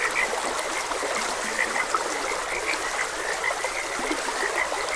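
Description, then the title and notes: Frogs croaking in a dense chorus, many overlapping short bright notes around a steady pitch, over a continuous rushing wash of flowing stream water. Frogs croaking beside a gentle stream. "Gentle Stream and Frogs Croaking. Sleep and Relaxation Podcast"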